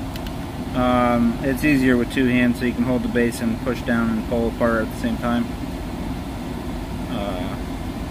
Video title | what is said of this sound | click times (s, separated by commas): Doing some needed cleaning | You can hear it clicking back in, but it's | 0.2 s